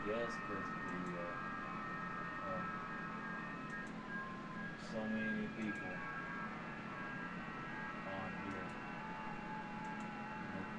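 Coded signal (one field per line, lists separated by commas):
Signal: FT8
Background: speech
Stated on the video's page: FT8 at QRP on 20 and 40 meters.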